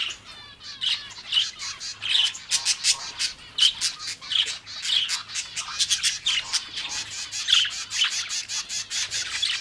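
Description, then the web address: Exotic birds making harsh, clipped squawks and sharp chirps, coming fast and loud in an irregular jumble. "Blue Box birds birds exotic"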